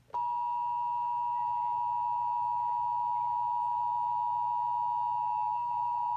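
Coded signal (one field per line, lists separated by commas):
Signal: Emergency Alert System (SAME) tones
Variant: 853 and 960 Hz attention tone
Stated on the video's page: Flash Flood Warning alert tones.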